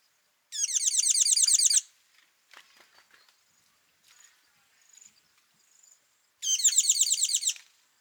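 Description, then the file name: Tinkling cisticola call: two loud, rapid rattling trills of bright stacked notes, each over a second long, several seconds apart, with faint chips and ticks between. Call; Kawelwa, Zambia, 12 December 2021. "Tinkling Cisticola call ZM Kawelwa"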